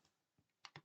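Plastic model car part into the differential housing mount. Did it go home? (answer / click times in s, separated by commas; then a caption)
yes / 0.7 s, 0.8 s. A plastic part is pressed into the differential housing mount of a 1:8 scale Lotus Renault 97T F1 model car kit. After a quiet stretch with a faint soft knock, two short sharp clicks sound at 0.7 s and 0.8 s. The part locks into place.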